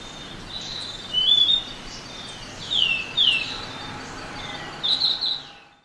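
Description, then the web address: Orange-bellied euphonia song: three short bursts of high, slurred and buzzy notes spaced about two seconds apart, over a steady background hiss. Eastern lowlands of South America. "Natures Songs S America Eastern Lowlands Orange-bellied Euphonia"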